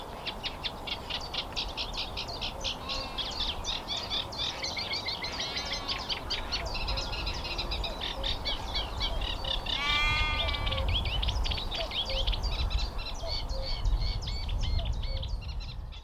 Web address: kleine karekiet acrocephalus scirpaceus